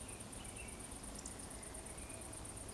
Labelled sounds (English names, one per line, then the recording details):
Eurasian Woodcock whistle
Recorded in Baden-Württemberg, Germany, on 24 June 2020 at 20:09 UTC
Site 14569, 102 m above sea level